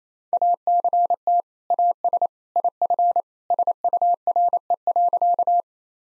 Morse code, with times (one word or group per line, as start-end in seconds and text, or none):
0.3-1.4 ACT
1.7-2.3 AS
2.6-3.2 IF
3.5-5.6 SURE.